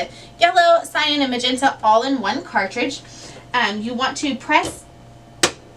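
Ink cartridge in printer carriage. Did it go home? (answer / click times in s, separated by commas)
released / 5.4 s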